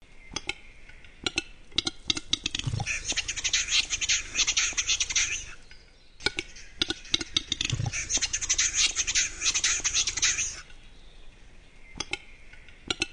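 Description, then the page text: Western capercaillie display song, twice: spaced dry clicks accelerate, a soft low pop, then several seconds of harsh hissing, grinding notes before clicking resumes. Capercaillie song; a phase of clicking, with clicks merging into one sound lasting 1–3 seconds, between the tapping and twittering phases. "Первый глухарь. Форум Питерского Охотника. Петруччо. Между "тэканьем" и "щебетанием" присутствует еще одна фаза-теканье,щелчки,сливаются в один звук,продолжительностью 1-3сек"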